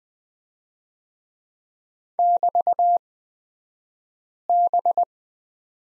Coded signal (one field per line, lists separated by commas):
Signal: Morse code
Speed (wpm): 20 wpm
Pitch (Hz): 700 Hz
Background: none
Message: <BT>B